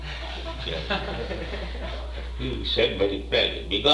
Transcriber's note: laughter